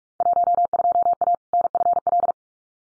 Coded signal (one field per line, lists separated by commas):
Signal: Morse code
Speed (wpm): 46 wpm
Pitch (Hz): 700 Hz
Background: none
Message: 12A NFL